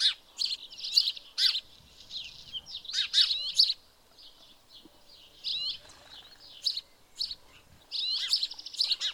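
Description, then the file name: House sparrow chatter, dense chirps and twittering notes in busy bursts. "Passer domesticus"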